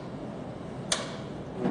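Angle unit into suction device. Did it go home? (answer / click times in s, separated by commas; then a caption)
yes / 0.9 s. An angle unit is pressed down onto a medical suction device until it snaps into place, giving one sharp, bright click at 0.9 s over a steady low background hiss. The angle unit is seated.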